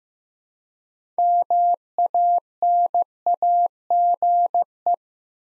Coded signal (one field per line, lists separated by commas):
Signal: Morse code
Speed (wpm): 15 wpm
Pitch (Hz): 700 Hz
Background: none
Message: MANAGE